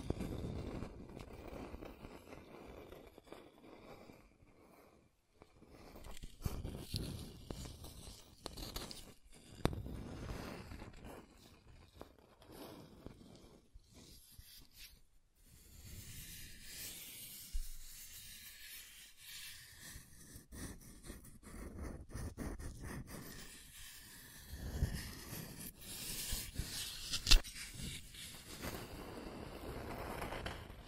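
Scratching and tracing against a surface, with dense, irregular rubbing strokes and scrapes that come in bursts and pause briefly around 5, 15 and 20 seconds. The texture is raspy and hissy, with occasional sharper clicks, one standing out near 27 seconds.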